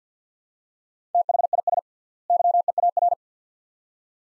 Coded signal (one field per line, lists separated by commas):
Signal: Morse code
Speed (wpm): 50 wpm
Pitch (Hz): 700 Hz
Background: none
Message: THIS YEAR